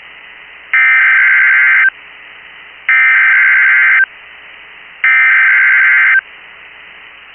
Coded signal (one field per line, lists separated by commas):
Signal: Emergency Alert System (SAME) tones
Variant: header bursts